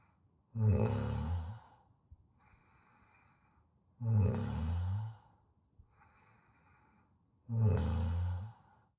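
An adult snoring: three loud, low-pitched, rumbling snores about every three and a half seconds, with soft breathing between them.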